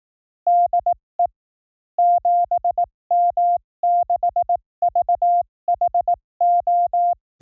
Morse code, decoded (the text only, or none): DE 7M6VHO